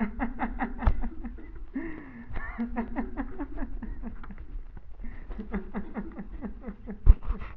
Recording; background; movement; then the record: laughter; a bystander coughing; sitting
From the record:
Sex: male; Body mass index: 21.0 kg/m2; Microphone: on the chest, facing the body